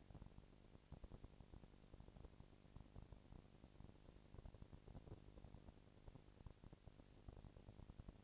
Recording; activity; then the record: daily activity, microphone in the room; no activity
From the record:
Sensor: 5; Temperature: 19.8 degrees Celsius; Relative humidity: 36.7%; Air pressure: 997.2 hPa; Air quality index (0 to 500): 169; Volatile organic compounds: 14 ppm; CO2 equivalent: 2439 ppm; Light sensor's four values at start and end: 2/3/1/1 and 2/3/1/1